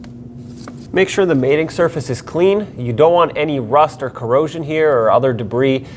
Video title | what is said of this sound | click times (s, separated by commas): How to Replace Knock Sensors 2006-2015 Lexus IS250 | Take your new knock sensor and plug it in until it clicks. | 0.0 s